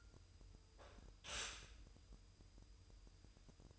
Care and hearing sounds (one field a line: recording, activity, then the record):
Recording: daily activity, microphone in the room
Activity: stop toaster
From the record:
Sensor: 2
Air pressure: 988.5 hPa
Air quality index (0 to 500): 192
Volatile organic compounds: 192 ppm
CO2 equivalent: 4185 ppm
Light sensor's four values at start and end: 20/68/26/25 and 20/68/26/25